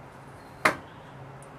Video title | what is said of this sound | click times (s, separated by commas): Fork Oil Change of GP Suspension 25mm Kit | hear it click that means the thread is done the cap is free so we can put the tool down | 0.7 s